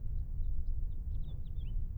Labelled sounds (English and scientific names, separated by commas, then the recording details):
House Finch (Haemorhous mexicanus) song
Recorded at Kismit on Long Island, New York, on 22 May 1975
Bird B